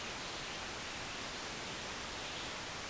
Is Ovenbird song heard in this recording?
no